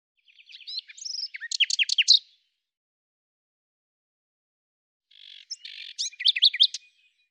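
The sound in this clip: Bird song in two twittering phrases of rapid high chirps, about three seconds of silence between them.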